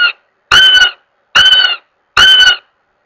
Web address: Goshawk. Wailing